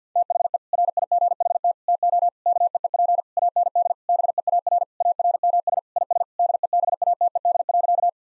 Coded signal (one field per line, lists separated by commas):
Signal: Morse code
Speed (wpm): 50 wpm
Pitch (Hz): 700 Hz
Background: none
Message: THE RIGHT TO KEEP AND BEAR ARMS IS DEBATED.